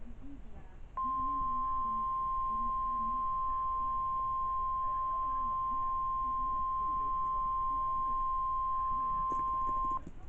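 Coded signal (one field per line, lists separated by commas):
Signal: Emergency Alert System (SAME) tones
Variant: 1050 Hz attention tone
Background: speech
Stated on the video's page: Real NOAA Weather Radio EAS severe weather alerts.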